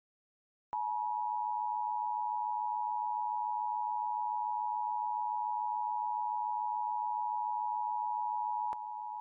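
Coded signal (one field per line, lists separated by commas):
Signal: Emergency Alert System (SAME) tones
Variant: 853 and 960 Hz attention tone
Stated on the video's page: Real alerts and tests during a winter storm, including blizzard warnings, a local area emergency, a shelter-in-place warning and law enforcement warnings.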